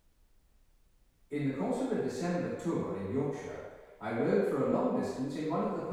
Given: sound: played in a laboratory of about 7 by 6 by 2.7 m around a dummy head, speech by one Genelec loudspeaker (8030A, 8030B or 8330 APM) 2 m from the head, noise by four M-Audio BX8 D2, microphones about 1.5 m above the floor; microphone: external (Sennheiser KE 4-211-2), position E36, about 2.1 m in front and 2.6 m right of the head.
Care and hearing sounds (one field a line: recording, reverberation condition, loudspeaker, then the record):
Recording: male speech in English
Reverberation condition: high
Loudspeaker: 30 degrees to the left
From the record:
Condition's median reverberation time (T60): about 1300 ms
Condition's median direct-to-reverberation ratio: about -4.0 dB